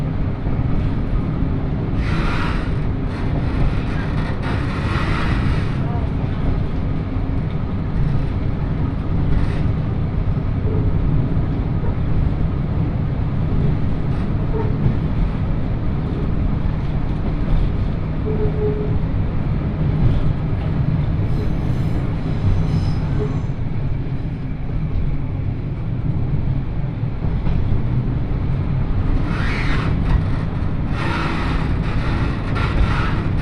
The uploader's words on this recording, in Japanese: 鉄道旅 予土線 宇和島→近永。予土線の普通列車に乗り換えます。キハ５４のロングシートにもう1両トロッコ車両がついていますが、こちらは途中の江川崎から乗車可能で、それに乗る人たちで混雑しています。北宇和島を出ると山越えに入り次の務田駅までのんびり走ります。